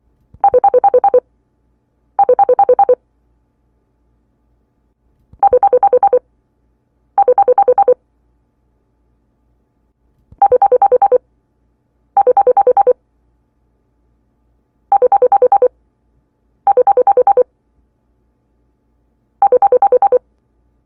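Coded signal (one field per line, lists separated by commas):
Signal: none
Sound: a phone's ringtone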